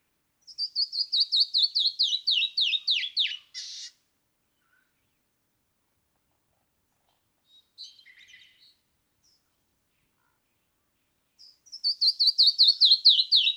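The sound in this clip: Canyon wren song: a cascading run of bright whistled notes dropping steadily in pitch, followed by a short buzzy burst; after a quiet gap the descending series starts again.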